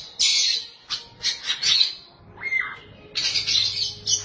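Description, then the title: Oriental magpie-robin song with harsh buzzy bursts, a clear slurred whistle midway, then more rasping notes. "Suara Kicauan Burung Kacer Durasi Panjang"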